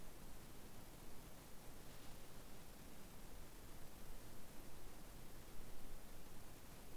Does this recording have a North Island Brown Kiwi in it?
no